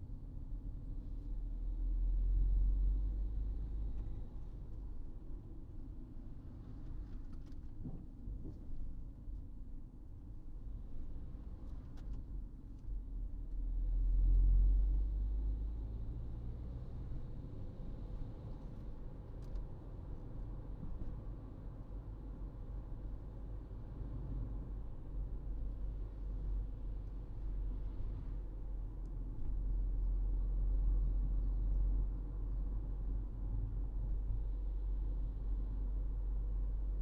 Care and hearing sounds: everyday scene through a hearing-aid microphone; in a vehicle; engine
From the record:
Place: Berlingo II, diesel engine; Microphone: in the ear canal, right

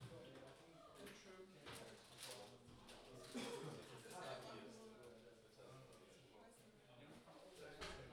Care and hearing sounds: everyday scene through a hearing-aid microphone; many people talking; many voices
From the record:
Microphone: in the ear canal, left

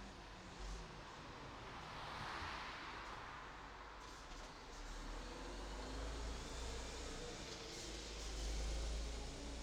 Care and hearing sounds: everyday scene through a hearing-aid microphone; in traffic; traffic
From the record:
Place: city secondary road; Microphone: in the ear canal, right

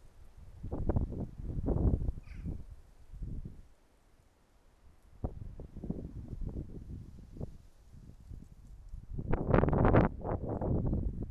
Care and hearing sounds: everyday scene through a hearing-aid microphone; wind on the microphone; wind, traffic, birds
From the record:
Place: suburban garden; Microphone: behind the ear, right, front

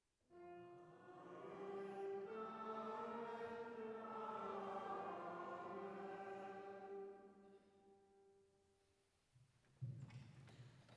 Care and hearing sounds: everyday scene through a hearing-aid microphone; reverberant space; music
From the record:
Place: church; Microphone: behind the ear, left, rear

